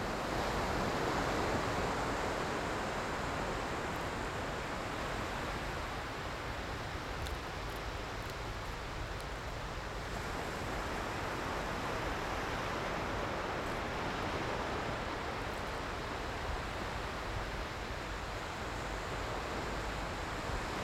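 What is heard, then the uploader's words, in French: Steady, dense surf at the beach, a continuous rushing wash of waves with slight swells in loudness and no distinct breaks. Plage.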